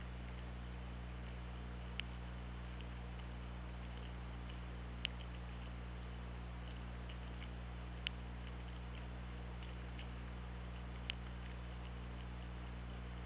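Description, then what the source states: Killer whale echolocation clicks, sharp isolated ticks spaced a few seconds apart over a constant low underwater hum. Recorded by hydrophone at OrcaLab on 24 August 2017 around 13:59.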